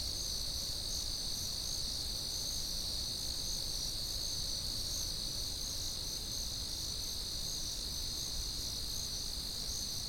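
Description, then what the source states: Continuous high cricket trilling from many insects, unchanging in level, above a faint low rumble. Constant, generic cricket chirping.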